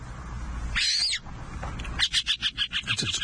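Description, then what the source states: Montagu's Harrier calls: one thin, high squeal, followed by a rapid series of sharp, chattering notes. Call followed by its alarm call.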